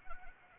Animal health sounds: mosquito wingbeat signal from an infrared sensor; Anopheles arabiensis

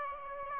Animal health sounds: mosquito wingbeat signal from an infrared sensor; Aedes aegypti

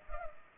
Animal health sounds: mosquito wingbeat signal from an infrared sensor; Culex pipiens

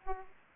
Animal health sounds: mosquito wingbeat signal from an infrared sensor; Aedes aegypti

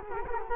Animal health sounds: mosquito wingbeat signal from an infrared sensor; Culex quinquefasciatus

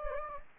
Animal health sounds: mosquito wingbeat signal from an infrared sensor; Anopheles gambiae

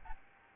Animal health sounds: mosquito wingbeat signal from an infrared sensor; Aedes albopictus

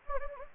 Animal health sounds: mosquito wingbeat signal from an infrared sensor; Anopheles gambiae

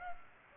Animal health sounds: mosquito wingbeat signal from an infrared sensor; Aedes aegypti

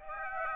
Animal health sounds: mosquito wingbeat signal from an infrared sensor; Aedes aegypti

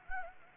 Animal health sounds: mosquito wingbeat signal from an infrared sensor; Anopheles gambiae

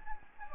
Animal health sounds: mosquito wingbeat signal from an infrared sensor; Anopheles gambiae

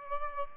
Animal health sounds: mosquito wingbeat signal from an infrared sensor; Aedes albopictus

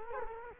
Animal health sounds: mosquito wingbeat signal from an infrared sensor; Culex quinquefasciatus

